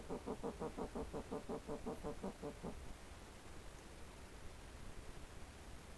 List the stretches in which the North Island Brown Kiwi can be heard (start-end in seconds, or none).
none